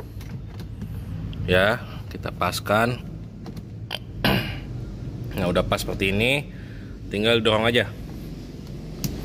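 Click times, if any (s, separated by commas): 9.0 s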